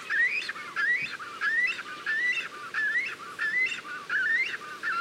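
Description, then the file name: Cormorant calls: a rapid series of rising, squealing honks, each sweeping upward. Several cormorants recorded at the nest. "CORMORANS AU NID"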